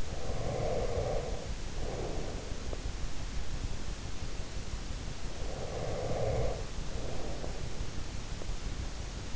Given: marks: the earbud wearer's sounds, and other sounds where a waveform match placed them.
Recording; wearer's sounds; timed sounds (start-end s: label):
sounds in sleep by an in-ear microphone; breath
0.00-3.32 s: breath
5.40-7.91 s: breath